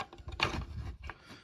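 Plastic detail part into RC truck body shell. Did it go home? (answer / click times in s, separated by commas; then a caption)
yes / 0.4 s. A small plastic detail part, apparently a light piece, is pressed into the plastic body shell of a 1/16 scale WPL C24K Toyota Hilux RC truck. Faint handling taps lead up to one loud, short snap at 0.4 s as the part clicks in and seats. A few quieter plastic ticks follow.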